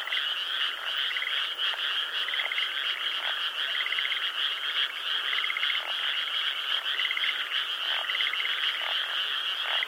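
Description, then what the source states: Frogs calling in a dense, continuous chorus of high trilled croaks, with lower clicking notes popping in at irregular moments. Frogs at the Mabechigawa River.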